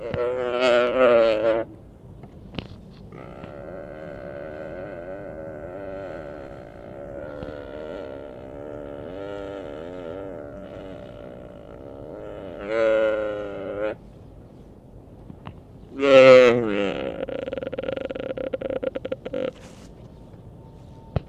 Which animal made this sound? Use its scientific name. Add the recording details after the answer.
Odocoileus hemionus. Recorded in captivity. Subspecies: hemionus. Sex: male. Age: adult. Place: Tierpark Berlin, Berlin, DE. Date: 1964-11-10 14:00. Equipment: R 21, Vollspur. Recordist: Tembrock, Günter